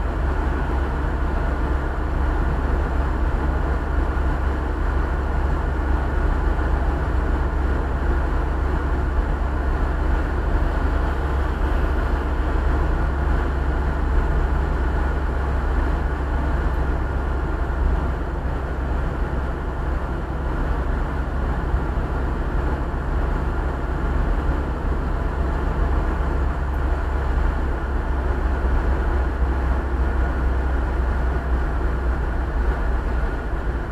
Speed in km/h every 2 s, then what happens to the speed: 66, 67, 67, 67, 66, 67, 66, 65, 66, 65, 64, 65, 66, 66, 64, 62, 60.
0-26 steady at about 66. 26-34 slows to 60.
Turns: none.